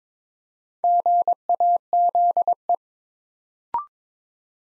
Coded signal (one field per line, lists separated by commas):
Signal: Morse code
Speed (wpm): 22 wpm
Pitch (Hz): 700 Hz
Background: none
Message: GAZE